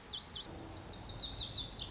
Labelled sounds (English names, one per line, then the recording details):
Lazuli Bunting
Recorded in Sonoma County, California